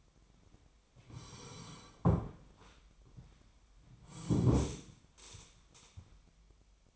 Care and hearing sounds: daily activity, microphone in the room; sit down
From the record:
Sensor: 1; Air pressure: 1007.9 hPa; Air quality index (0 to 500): 192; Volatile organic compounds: 18 ppm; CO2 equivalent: 2606 ppm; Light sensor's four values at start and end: 13/32/13/14 and 13/33/13/14

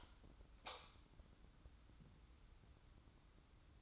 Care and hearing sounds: daily activity, microphone in the room; light on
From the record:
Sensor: 3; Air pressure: 994.4 hPa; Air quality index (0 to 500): 212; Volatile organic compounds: 1000 ppm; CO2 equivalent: 7108 ppm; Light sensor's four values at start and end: 205/493/208/207 and 208/503/212/211

